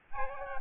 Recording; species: mosquito wingbeat signal from an infrared sensor; Aedes albopictus